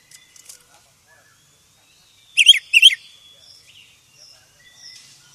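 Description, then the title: Oriental magpie-robin singing two loud, quick chirruping notes in the middle, with soft scattered whistles and chips before and after. "KACER HITAM"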